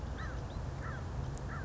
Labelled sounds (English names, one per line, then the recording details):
American Crow
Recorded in Sonoma County, California